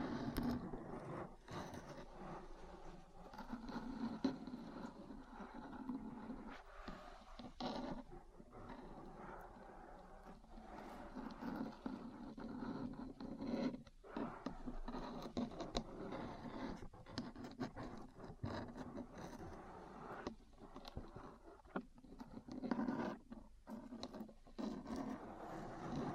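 Metal parts scratch and scrape in a rough, continuous grind with a low hum, broken by frequent sharp taps and brief clicks throughout.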